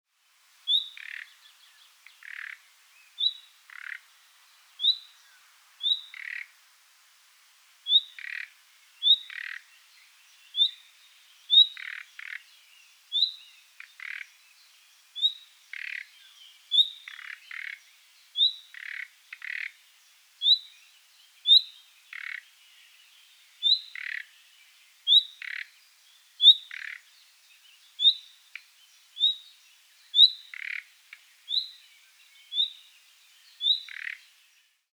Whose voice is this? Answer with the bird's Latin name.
Luscinia megarhynchos